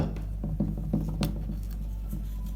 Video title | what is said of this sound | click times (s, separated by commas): முத்துக்கள் பதிக்கும் machine // pearl setting machine | நல்லா லாக் ஆயிடுச்சு. | 1.2 s